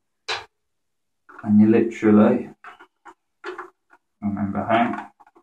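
Someone talks while twisting and turning the plastic twist-lock tank part on a Vax W87-DV-R carpet cleaner, with a few faint, brief handling knocks between the words. Nothing has seated or clicked into place yet.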